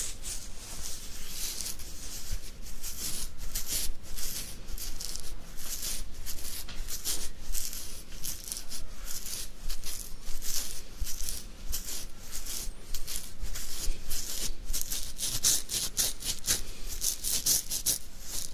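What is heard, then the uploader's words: Beard scratching: a dense, continuous run of dry rasping strokes, bright and hissy, repeating quickly and fairly irregularly for the whole stretch. The loudness stays fairly even throughout, with slightly sharper strokes near the end and a faint low hum underneath. ASMR INSANE BEARD SCRATCHING.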